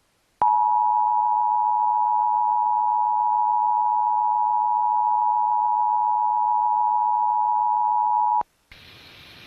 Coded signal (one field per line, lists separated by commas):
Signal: Emergency Alert System (SAME) tones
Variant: 853 and 960 Hz attention tone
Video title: National Emergency Alert System Test (Xfinity 2021)